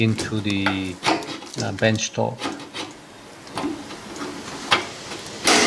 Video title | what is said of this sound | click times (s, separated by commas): New Kitchen - DIY | yep you got hear the clicking sound and you know when once you hear it you know that it is well in place | 3.6 s, 4.7 s, 5.5 s